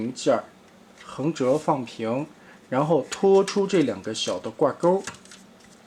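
Someone talks throughout while handling a plastic and metal transforming robot toy, a metallic-colored Transformers triple-changer Headmaster figure. A part is folded sideways flat and two small hooks are pulled out to engage a slot, with only faint handling noise between the words. Nothing has seated or clicked yet.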